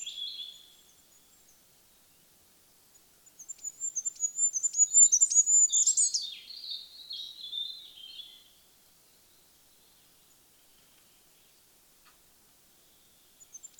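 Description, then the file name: Goldcrest singing a single very high, thin phrase of quick repeated pips that drops into a lower twittering ending, with quiet gaps before and after. "Goudhaan"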